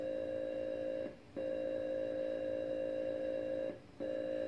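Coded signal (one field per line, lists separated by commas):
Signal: computer data on cassette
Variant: Atari 8-bit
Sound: steady buzzing data tone in blocks, broken by two short pauses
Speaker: it'll load a few blocks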